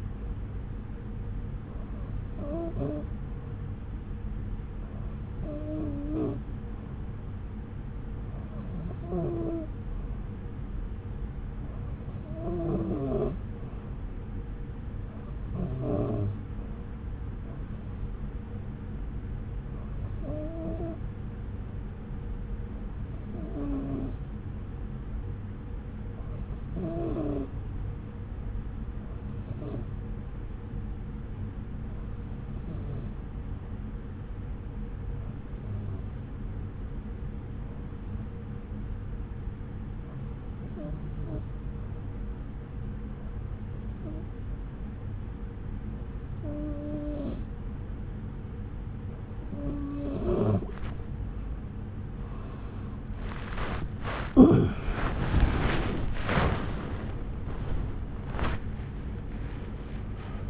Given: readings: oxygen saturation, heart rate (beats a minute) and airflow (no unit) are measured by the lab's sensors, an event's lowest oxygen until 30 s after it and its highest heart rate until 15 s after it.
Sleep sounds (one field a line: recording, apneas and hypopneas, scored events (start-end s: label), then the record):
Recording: breathing in sleep by a smartphone at the bedside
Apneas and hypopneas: 1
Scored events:
25.00-54.80 s: hypopnea (REM, oxygen 93% highest, then 92% lowest, heart rate 71 at the start, 75 highest)
43.00-60.50 s: new sleep stage, awake
51.00-60.50 s: awake
From the record:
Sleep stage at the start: REM sleep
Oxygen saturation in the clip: 92 to 93%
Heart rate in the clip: 69 to 75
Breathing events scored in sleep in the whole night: 303 in 8.1 hours asleep